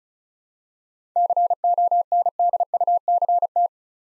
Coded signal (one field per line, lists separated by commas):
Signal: Morse code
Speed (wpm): 34 wpm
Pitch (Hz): 700 Hz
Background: none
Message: CONDUCT